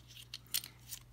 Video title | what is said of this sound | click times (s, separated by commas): Solar Panel Combiner Box for Travel Trailer How to Build combiner box with Dinkle Terminal Blocks | snaps in place look at that | 0.6 s